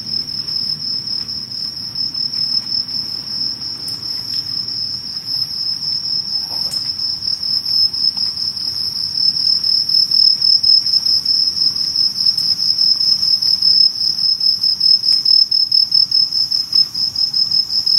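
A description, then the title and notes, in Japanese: Insects chirr through a summer night walk, a steady high-pitched trill running unbroken for the whole stretch. Beneath it sits a soft low rumble that swells slightly toward the middle, with a few faint clicks and small sounds scattered throughout. とある夏の夜歩き。今回は夜近所を歩いてみました。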